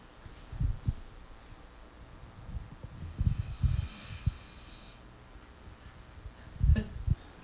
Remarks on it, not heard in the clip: That's our dog snoring. She really breathes slowly. I thought she stopped for a second because she'll like listen and like not breathe as hard.